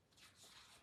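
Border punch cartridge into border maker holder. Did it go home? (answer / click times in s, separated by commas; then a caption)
no / none. A plastic border-punch cartridge is pushed back into its plastic holder on a paper-craft border maker, making a soft, breathy sliding and rubbing sound with no sharp hits. The cartridge has not yet seated or clicked into the holder.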